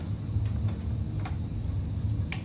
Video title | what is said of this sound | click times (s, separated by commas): How to Wire A Computer Step By Step In 2020 (for beginners) YeahPete | I just shimmy it around you could hear it click sometimes | 2.3 s